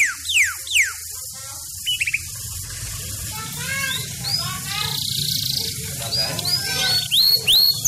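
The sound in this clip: Bird song: sharp high downslurred whistles alternating with lower warbled, stacked phrases and a short buzzy burst.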